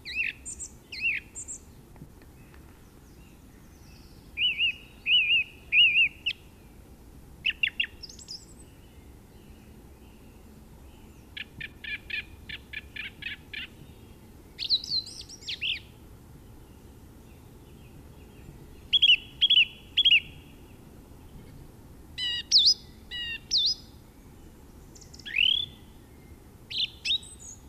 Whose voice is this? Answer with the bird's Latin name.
Turdus philomelos